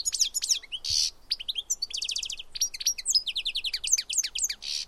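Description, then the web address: Bird sings a fast, unbroken medley of high chirps, downslurred notes, rapid trills and a couple of harsh buzzy notes. "Deverinetal"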